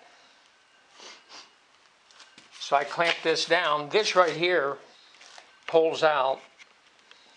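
Someone handles the spring-loaded clutch pin knob on the gear housing of a small Stegodon 3000 lb. electric winch, getting ready to pull it out into the free-spool position so the cable can be run out freely. Faint sniffs and light handling noises come first, and then someone talks. Nothing has clicked or seated yet.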